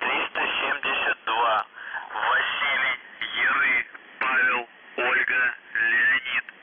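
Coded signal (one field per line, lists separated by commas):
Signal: numbers station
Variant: UVB-76 voice message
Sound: a voice reading words in short bursts over narrow radio audio, no buzz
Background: radio static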